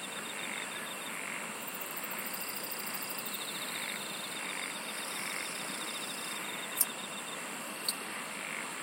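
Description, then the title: Insects trilling: several pulsed buzzy trills at different pitches overlap above a continuous high whine and hiss, with two sharp clicks near the end. "SINGING OF INSECTS"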